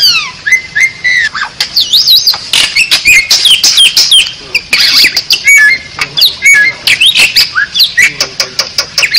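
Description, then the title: Bali myna song, a rapid jumble of squawks, clicks and swooping whistles, loud and continuous throughout with varied sliding notes. Bali myna master song used for training other songbirds, described as a unique-sounding voice for champion competition birds. "Masteran Jalak Bali Yang BERSUARA UNIK Untuk Gacoran Juara"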